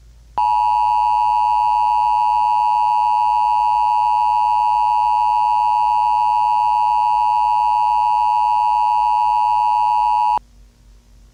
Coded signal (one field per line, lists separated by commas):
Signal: Emergency Alert System (SAME) tones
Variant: 853 and 960 Hz attention tone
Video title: EAS Scenario - Skies of Ash